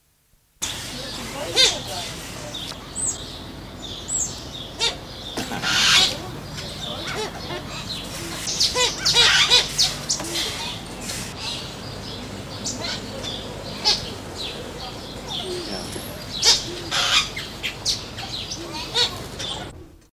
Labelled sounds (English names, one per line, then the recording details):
Visayan Hornbill call
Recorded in captivity
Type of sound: call
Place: Zoo Hannover, Niedersachsen, DE
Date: 1986-07-04
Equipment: Halbspur, 9,5 cm/s
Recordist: Lütgens, Hans
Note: Rufe